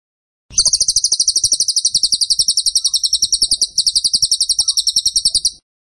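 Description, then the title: Bird song: an unbroken machine-gun series of high, buzzy notes, fast and even, about five seconds long, with one brief hitch. Used to train cage birds; song style called tembakan, rapid-fire notes; bird singing vigorously (gacor). "Masteran Burung Tembakan Gacor"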